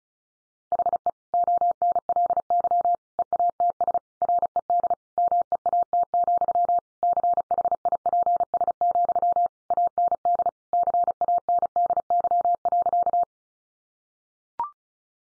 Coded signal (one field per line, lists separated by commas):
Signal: Morse code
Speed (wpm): 34 wpm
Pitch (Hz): 700 Hz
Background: none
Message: HE ONLY EATS RED MEAT, CHIPS, AND CANDY.